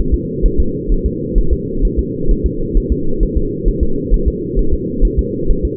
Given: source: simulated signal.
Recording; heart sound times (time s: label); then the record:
fetal heart sounds
0.14 s: S2
0.46 s: S1
0.60 s: S2
0.92 s: S1
1.06 s: S2
1.38 s: S1
1.53 s: S2
1.85 s: S1
1.99 s: S2
2.31 s: S1
2.46 s: S2
2.77 s: S1
2.92 s: S2
3.23 s: S1
3.38 s: S2
3.68 s: S1
3.83 s: S2
4.14 s: S1
4.28 s: S2
4.59 s: S1
4.74 s: S2
5.05 s: S1
5.19 s: S2
5.51 s: S1
5.65 s: S2
From the record:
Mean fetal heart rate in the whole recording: 130 bpm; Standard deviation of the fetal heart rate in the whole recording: 2 bpm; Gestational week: 38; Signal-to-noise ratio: -8.1 dB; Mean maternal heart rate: 72 bpm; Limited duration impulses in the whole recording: absent